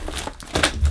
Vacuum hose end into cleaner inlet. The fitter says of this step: just in a nice push and until it clicks. There we are.